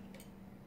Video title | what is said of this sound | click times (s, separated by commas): Selecta Duet Laser Quick Start Tutorial | laser once you've moved it you can hear a little click where the women is you | 0.2 s